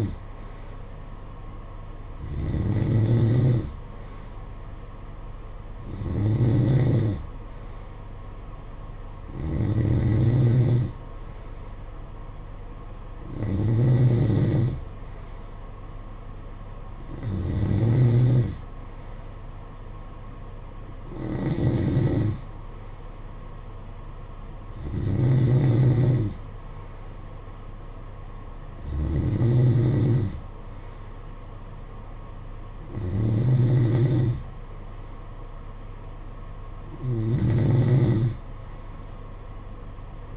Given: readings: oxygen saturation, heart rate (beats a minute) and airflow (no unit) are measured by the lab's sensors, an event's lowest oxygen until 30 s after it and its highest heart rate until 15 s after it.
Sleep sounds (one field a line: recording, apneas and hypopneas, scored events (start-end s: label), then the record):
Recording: breathing in sleep by a smartphone at the bedside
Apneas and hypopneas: none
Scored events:
none scored
From the record:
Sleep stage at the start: N2 (light sleep)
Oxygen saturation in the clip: 92%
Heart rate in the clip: 54 to 60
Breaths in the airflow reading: 10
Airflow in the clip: -8.0 to 5.8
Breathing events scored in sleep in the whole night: 476 in 9.7 hours asleep